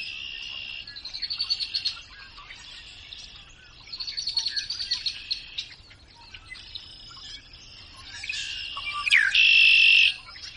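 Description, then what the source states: Red-winged Blackbird giving repeated buzzy, rattling trills, ending with a sharp falling note and a loud harsh trill. Played back at the end of a radio programme.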